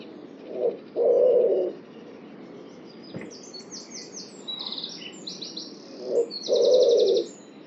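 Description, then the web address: Bird giving a low two-part coo, a short note then a longer one, twice about five seconds apart, with quick high buzzy pulsed notes between them. "cianscape birddata Deverinetal 2025 Bird Only"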